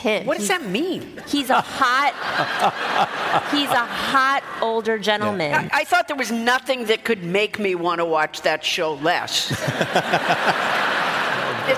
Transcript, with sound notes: What does that mean?
He's a hot...
(LAUGHTER)
He's a hot older gentleman.
I thought there was nothing that could make me want to watch that show less.